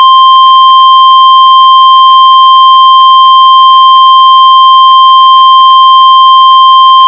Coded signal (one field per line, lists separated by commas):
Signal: Emergency Alert System (SAME) tones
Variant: 1050 Hz attention tone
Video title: EAS Scenario - Stellar Sun Collision (VALID TONES & LOUD NOISES)